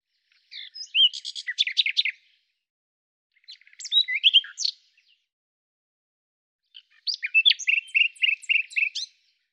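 Bird song in three separate high phrases of twittering chirps; the last one ends in a short series of repeated notes.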